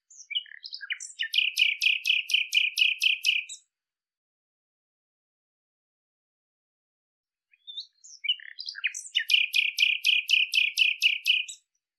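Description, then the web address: Bird song phrase given twice: a few varied chirps, then a rapid rattling trill of many buzzy, evenly spaced notes, with silence between phrases. "cianscape birddata Deverinetal 2025"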